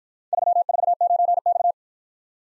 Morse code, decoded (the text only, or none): 349X